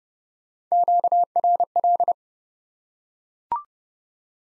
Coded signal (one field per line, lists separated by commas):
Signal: Morse code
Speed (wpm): 32 wpm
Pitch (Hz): 700 Hz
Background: none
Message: QRL